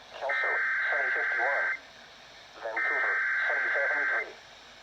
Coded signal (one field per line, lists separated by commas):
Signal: Emergency Alert System (SAME) tones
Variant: header bursts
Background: speech